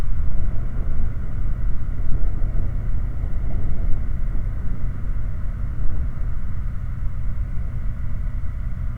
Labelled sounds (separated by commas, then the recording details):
machinery, flare stack
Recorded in the Prudhoe Bay oil fields, Alaska, on 19 August 2019 at 02:42
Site 29